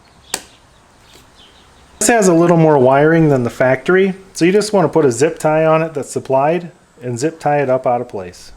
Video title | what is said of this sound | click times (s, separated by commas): 2005-2009 Equinox / Terrain Head Light replacement Step BY Step | just make sure that your factory connector is clean and we're just going to push these two together until they click | 0.3 s